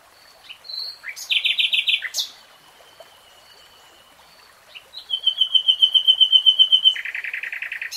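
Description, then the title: Nightingale song: a whistled note and a rapid rattling trill, a pause, then a long run of repeated notes followed by a lower buzzy trill. Nightingale singing in real time. "[Tiếng chim hót] 3 Hours REALTIME Nightingale Singing"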